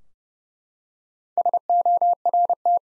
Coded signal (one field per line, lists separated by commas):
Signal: Morse code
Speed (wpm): 30 wpm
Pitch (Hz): 700 Hz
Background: none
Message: SORT